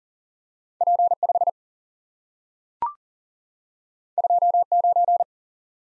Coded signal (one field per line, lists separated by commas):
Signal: Morse code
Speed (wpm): 39 wpm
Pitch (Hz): 700 Hz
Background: none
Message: P 5 2 9